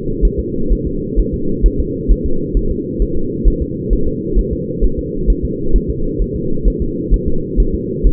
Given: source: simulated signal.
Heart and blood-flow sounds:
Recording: fetal heart sounds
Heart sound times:
0.25 s: S1
0.40 s: S2
0.72 s: S1
0.87 s: S2
1.19 s: S1
1.34 s: S2
1.66 s: S1
1.80 s: S2
2.11 s: S1
2.26 s: S2
2.57 s: S1
2.71 s: S2
3.02 s: S1
3.17 s: S2
3.48 s: S1
3.62 s: S2
3.93 s: S1
4.08 s: S2
4.39 s: S1
4.53 s: S2
4.84 s: S1
4.99 s: S2
5.30 s: S1
5.45 s: S2
5.76 s: S1
5.90 s: S2
6.22 s: S1
6.36 s: S2
6.68 s: S1
6.82 s: S2
7.14 s: S1
7.28 s: S2
7.60 s: S1
7.75 s: S2
8.07 s: S1
From the record:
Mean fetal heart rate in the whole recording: 130 bpm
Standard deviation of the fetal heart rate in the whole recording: 2 bpm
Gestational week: 36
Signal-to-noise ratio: -8.1 dB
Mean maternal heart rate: 72 bpm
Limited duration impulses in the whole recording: absent

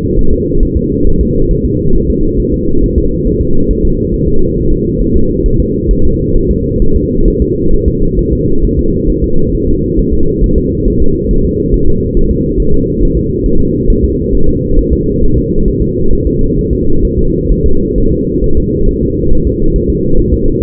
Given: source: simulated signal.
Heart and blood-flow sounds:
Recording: fetal heart sounds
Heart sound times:
0.19 s: S1
0.33 s: S2
0.63 s: S1
0.77 s: S2
1.07 s: S1
1.21 s: S2
1.51 s: S1
1.65 s: S2
1.96 s: S1
2.10 s: S2
2.40 s: S1
2.54 s: S2
2.84 s: S1
2.98 s: S2
3.27 s: S1
3.42 s: S2
3.71 s: S1
3.85 s: S2
4.14 s: S1
4.28 s: S2
4.58 s: S1
4.72 s: S2
5.02 s: S1
5.16 s: S2
5.46 s: S1
5.60 s: S2
5.91 s: S1
6.05 s: S2
6.37 s: S1
6.51 s: S2
6.82 s: S1
6.96 s: S2
7.28 s: S1
7.42 s: S2
7.74 s: S1
7.88 s: S2
8.19 s: S1
8.33 s: S2
8.65 s: S1
8.79 s: S2
9.10 s: S1
9.24 s: S2
9.55 s: S1
9.69 s: S2
9.99 s: S1
10.13 s: S2
10.44 s: S1
10.58 s: S2
10.88 s: S1
11.02 s: S2
11.31 s: S1
11.45 s: S2
11.74 s: S1
11.88 s: S2
12.17 s: S1
12.31 s: S2
12.60 s: S1
12.74 s: S2
13.03 s: S1
13.17 s: S2
13.46 s: S1
13.60 s: S2
13.90 s: S1
14.04 s: S2
14.35 s: S1
14.49 s: S2
14.79 s: S1
14.93 s: S2
15.24 s: S1
15.38 s: S2
15.68 s: S1
15.82 s: S2
16.13 s: S1
16.27 s: S2
16.59 s: S1
16.73 s: S2
17.05 s: S1
17.19 s: S2
17.52 s: S1
17.66 s: S2
17.98 s: S1
18.12 s: S2
18.44 s: S1
18.58 s: S2
18.89 s: S1
19.03 s: S2
19.33 s: S1
19.47 s: S2
19.76 s: S1
19.90 s: S2
20.19 s: S1
20.34 s: S2
From the record:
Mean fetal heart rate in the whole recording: 135 bpm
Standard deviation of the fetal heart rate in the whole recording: 3 bpm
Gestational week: 36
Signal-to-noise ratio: -19.1 dB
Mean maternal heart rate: 72 bpm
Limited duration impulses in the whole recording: present

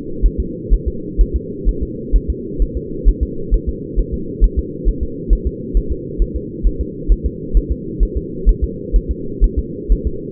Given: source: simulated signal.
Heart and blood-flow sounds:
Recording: fetal heart sounds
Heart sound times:
0.26 s: S1
0.40 s: S2
0.73 s: S1
0.88 s: S2
1.21 s: S1
1.36 s: S2
1.69 s: S1
1.83 s: S2
2.16 s: S1
2.30 s: S2
2.62 s: S1
2.77 s: S2
3.08 s: S1
3.23 s: S2
3.54 s: S1
3.69 s: S2
3.99 s: S1
4.14 s: S2
4.44 s: S1
4.59 s: S2
4.88 s: S1
5.03 s: S2
5.33 s: S1
5.47 s: S2
5.77 s: S1
5.92 s: S2
6.22 s: S1
6.36 s: S2
6.67 s: S1
6.81 s: S2
7.12 s: S1
7.26 s: S2
7.57 s: S1
7.72 s: S2
8.03 s: S1
8.17 s: S2
8.49 s: S1
8.64 s: S2
8.96 s: S1
9.11 s: S2
9.44 s: S1
9.58 s: S2
9.92 s: S1
10.07 s: S2
From the record:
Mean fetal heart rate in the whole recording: 130 bpm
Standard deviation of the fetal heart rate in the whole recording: 2 bpm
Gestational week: 36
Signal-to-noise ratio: -4.3 dB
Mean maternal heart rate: 72 bpm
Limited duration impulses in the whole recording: absent

